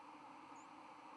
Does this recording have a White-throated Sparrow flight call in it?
no